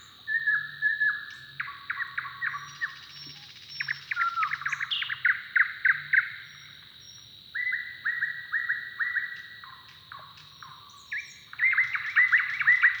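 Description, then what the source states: Bird song: bursts of quick chattering notes alternating with clear whistled phrases, continuing throughout over a constant high-pitched tone and soft low hum. Song duel between neighbouring males.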